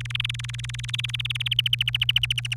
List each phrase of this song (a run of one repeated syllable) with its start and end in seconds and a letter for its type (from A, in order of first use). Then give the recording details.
0.00-1.54 A, 1.59-2.54 B. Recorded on 29 April 2018 at 05:50. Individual llb3